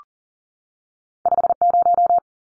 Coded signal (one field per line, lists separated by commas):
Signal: Morse code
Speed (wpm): 40 wpm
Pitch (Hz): 700 Hz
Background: none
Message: 50